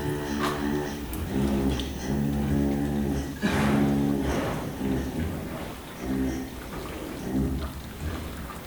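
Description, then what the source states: Cows giving low, droning grunts in short bursts roughly every second, with rustling and breathy noises between them. Several cows sleeping in a barn at night on a farm in the Mühlviertel, Austria.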